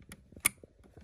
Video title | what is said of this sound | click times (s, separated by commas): Schneider AGS Wiring Harness For Honda EU7000IS - Magnum AGS Works Too! | now when we put the harness in we're going to want to make sure we hear that click | 0.5 s